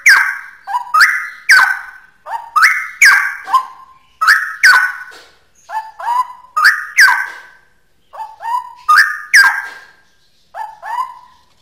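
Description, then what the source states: Straw-headed bulbul singing a run of loud, liquid, gurgling whistled phrases that rise and fall, delivered in rapid clusters over about twelve seconds. Song in the style called ropel; labelled as original (asli).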